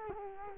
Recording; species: mosquito wingbeat signal from an infrared sensor; Culex quinquefasciatus